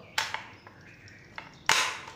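A loaded rotary magazine is pushed into an air rifle's magazine slot, giving sharp mechanical knocks at 0.2 s and 1.7 s, with fainter ticks in between and at the end. The magazine is seated in the rifle.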